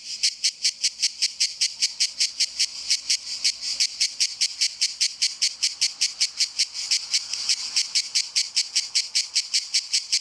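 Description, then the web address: Cicada singing a steady stream of harsh, high, rhythmic pulses, several per second, keeping the same beat throughout. "cicala"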